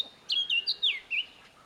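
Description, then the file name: Eurasian blackcap giving a brief run of rich, clear whistled notes, several quick fluty phrases dipping and rising, ending in a softer note. "Sylvia atricapilla"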